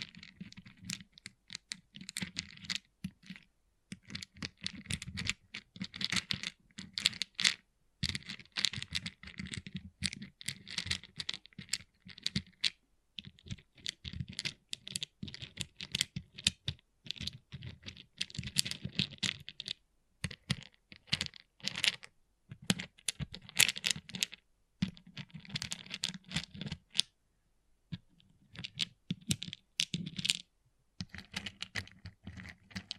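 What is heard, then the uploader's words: Small plastic pixel art beads click and rattle in quick, dense runs, much like fast typing. Bursts last a few seconds and are broken by short silences, notably near 13, 20 and 27 seconds. Each click is bright and crisp, with a soft low tap beneath. ASMR Relaxing Pixel Art Beads ( No Talking).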